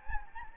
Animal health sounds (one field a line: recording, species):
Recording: mosquito wingbeat signal from an infrared sensor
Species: Anopheles gambiae